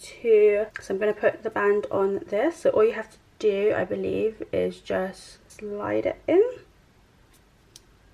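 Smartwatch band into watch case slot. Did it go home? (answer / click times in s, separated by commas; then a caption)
yes / 7.8 s. Someone talks while sliding the top half of a sport band into the band slot of an Apple Watch Series 5 case. At 7.8 s a short, faint click is heard as the band latches securely in place.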